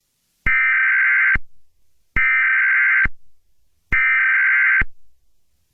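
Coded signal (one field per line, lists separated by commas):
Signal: Emergency Alert System (SAME) tones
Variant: header bursts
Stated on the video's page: Fictional EAS scenario.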